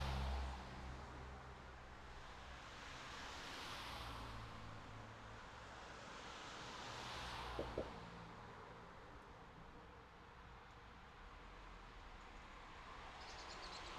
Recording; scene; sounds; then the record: everyday scene through a hearing-aid microphone; in traffic; traffic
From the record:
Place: city secondary road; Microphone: in the ear canal, left